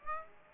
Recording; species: mosquito wingbeat signal from an infrared sensor; Aedes aegypti